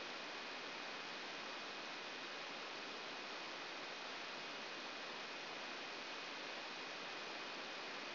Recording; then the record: brain microelectrode recording played as sound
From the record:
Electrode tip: outside the subthalamic nucleus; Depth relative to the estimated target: -2 mm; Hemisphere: left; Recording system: AlphaMap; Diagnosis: Parkinson's disease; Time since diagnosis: 12 years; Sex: male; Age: 57 years